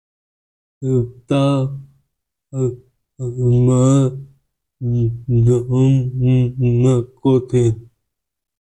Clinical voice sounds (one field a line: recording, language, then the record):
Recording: elicited speech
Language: Bengali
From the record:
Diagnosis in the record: Broca's or global aphasia after a stroke